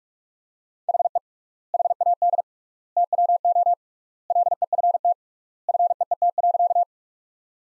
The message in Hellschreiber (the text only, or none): none